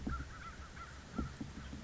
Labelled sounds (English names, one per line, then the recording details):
American Crow
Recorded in Sonoma County, California